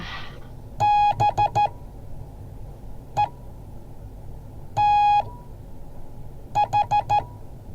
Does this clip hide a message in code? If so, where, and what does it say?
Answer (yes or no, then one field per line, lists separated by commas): yes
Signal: Morse code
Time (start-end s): 0.8-7.2 s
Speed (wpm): 14 wpm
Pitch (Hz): 830 Hz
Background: none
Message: BETH